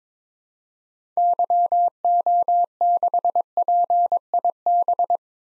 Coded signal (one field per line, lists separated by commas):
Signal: Morse code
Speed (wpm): 22 wpm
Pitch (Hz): 700 Hz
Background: none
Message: YO6PIB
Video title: 2023 SOTA Activator Call Signs - 22wpm